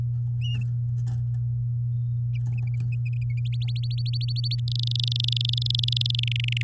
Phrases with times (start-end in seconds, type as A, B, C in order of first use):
3.68-4.55 A, 4.68-6.20 B, 6.23-6.62 C